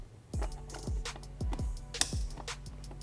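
A turn signal harness connector for TST LED front flushmount turn signals is pushed into the wiring plug on a 2025+ Yamaha YZF-R3 motorcycle, with steady thumping music beats in the background. A sharp, bright click sounds at 2.0 s as the connector's plastic locking tab engages. The connector is fully seated.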